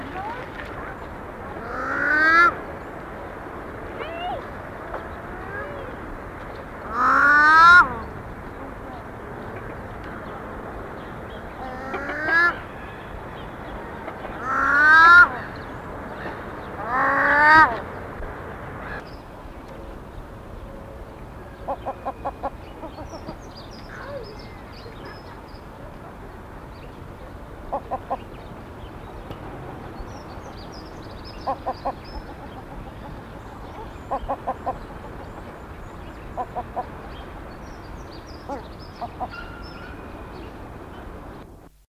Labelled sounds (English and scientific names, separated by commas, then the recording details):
Maned Duck (Chenonetta jubata) call
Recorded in captivity
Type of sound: call
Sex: female
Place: Zoo Köln, Nordrhein-Westfalen, DE
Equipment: Halbspur, 9,5 cm/s
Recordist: Lütgens, Hans
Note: Rufe